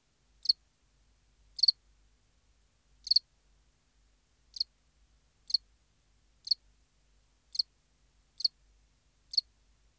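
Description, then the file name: House cricket producing nine shrill chirps with slightly uneven spacing, some gaps longer than others, and nothing else audible. "Acheta domesticus"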